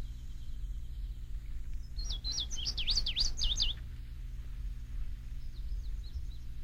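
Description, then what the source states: Indigo Bunting song: a brisk, high phrase of sharp, paired sweeping notes lasting under two seconds, a faint fragment following, over a low steady hum. Summertime visitor to a wildlife management area in western Maryland.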